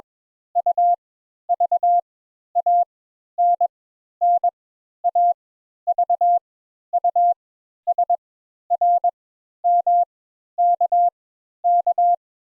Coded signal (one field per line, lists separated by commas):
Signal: Morse code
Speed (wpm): 22 wpm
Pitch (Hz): 700 Hz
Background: none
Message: U V A N N A V U S R M K K